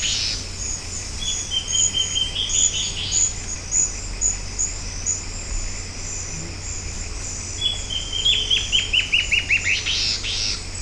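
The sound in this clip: Bird song: a trilled phrase, then after a pause a second, longer run of rapid, bright notes, under a continuous shrill insect hum.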